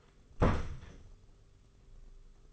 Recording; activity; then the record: daily activity, microphone in the room; close door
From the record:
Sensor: 4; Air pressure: 991.3 hPa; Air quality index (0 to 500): 134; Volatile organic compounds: 47 ppm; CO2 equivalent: 3258 ppm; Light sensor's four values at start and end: 12/30/12/13 and 9/22/8/9